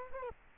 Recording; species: mosquito wingbeat signal from an infrared sensor; Culex quinquefasciatus